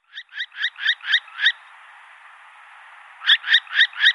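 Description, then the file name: Northern hawk-owl calling in rapid strings of sharp, shrill yelping notes, one run of six, a pause, then four more. "Hokuggla"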